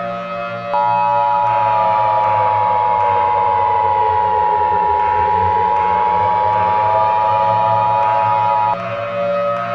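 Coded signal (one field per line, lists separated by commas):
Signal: Emergency Alert System (SAME) tones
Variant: 853 and 960 Hz attention tone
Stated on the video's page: Fictional EAS scenario.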